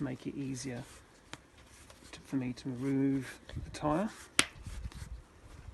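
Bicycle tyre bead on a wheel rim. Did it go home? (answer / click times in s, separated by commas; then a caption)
released / 4.9 s. Someone talks while pushing the tyre bead of a Triban RC520 or RC500 bicycle wheel off the rim seat and into the rim's centre channel to make the tyre easier to remove. A single sharp click is heard at 4.9 s as the bead comes off the rim.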